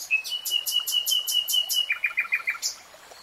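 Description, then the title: Nightingale song: a pure, sustained whistle with fast repeated notes above it, then a run of short notes. Nightingale singing, real-time recording. "[Tiếng chim hót] REALTIME Nightingale Singing"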